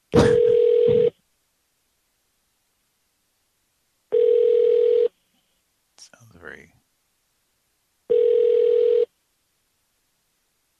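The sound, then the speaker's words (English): A phone line rings out with three steady, buzzy ringback tones as a call is put through to an extension, each tone lasting about a second and repeating every four seconds, while someone briefly whispers between the second and third rings. “Please hold while I try that extension.”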